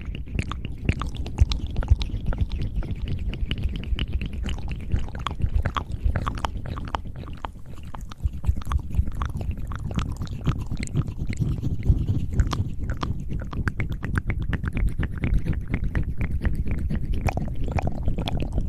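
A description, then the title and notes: Wet mouth sounds click and smack rapidly and continuously for the whole stretch, over a low steady rumble. ASMR Tingly Mouth Sounds & Hand Movements.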